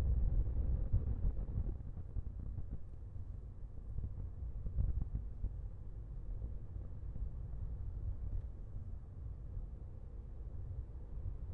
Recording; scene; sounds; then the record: everyday scene through a hearing-aid microphone; in a vehicle; engine, rumble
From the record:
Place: Skoda Fabia, gasoline engine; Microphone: behind the ear, left, front